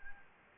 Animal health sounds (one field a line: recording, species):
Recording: mosquito wingbeat signal from an infrared sensor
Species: Anopheles gambiae